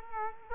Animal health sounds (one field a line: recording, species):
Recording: mosquito wingbeat signal from an infrared sensor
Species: Culex quinquefasciatus